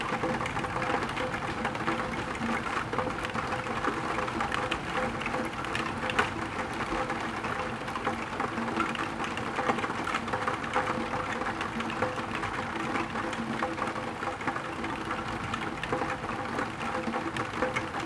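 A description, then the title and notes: Rain patters steadily on a window for the whole stretch, a dense, even tapping with fine bright ticks scattered throughout. A low, continuous rumble sits underneath without clear peaks, and no birdsong stands out over the rain. Tickling rain on a tilted window, while thunder keeps rumbling regularly.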